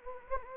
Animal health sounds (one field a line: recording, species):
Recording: mosquito wingbeat signal from an infrared sensor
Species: Anopheles gambiae